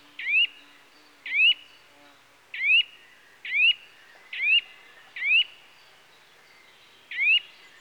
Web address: BBC Sound Effects Library. Nuthatch (Sitta Europaea) Calls